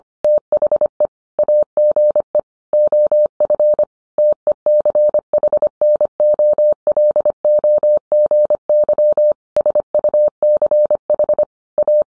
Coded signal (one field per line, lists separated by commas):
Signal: Morse code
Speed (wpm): 25 wpm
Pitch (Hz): 600 Hz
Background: none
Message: THE AGE OF TECHNOLOGY SUCH A